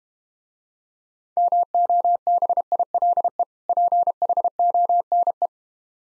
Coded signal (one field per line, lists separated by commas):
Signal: Morse code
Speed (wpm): 33 wpm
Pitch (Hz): 700 Hz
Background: none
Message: MOBILE PHONE